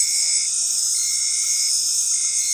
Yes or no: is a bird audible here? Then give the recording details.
no. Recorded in dense forest near Puerto Asís, Putumayo, Colombia, on 21 February 2024 at 19:30. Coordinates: 0.502, -76.326. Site G6460